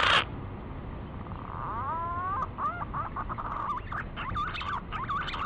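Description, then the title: Green pigeon whistling: a sharp burst at the start, then rising glides and a string of wavering, bouncing whistled notes over steady background noise. Lure call used to attract green pigeons. "Pikat Burung Punai"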